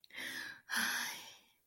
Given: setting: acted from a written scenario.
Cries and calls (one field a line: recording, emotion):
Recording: vocal sound without words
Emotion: relief